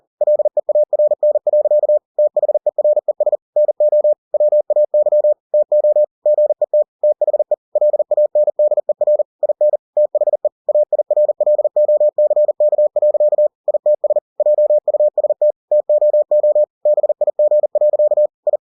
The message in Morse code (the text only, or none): LEARN. THERES NO WAY TO GET THE LANDER IN THE AIRLOCK. ITS JUST TOO BIG. I